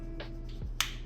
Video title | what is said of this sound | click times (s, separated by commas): KR Sabers Master QGJ Lightsaber Installed With Proffie | You're going to hear that. It's like a little click. | 0.8 s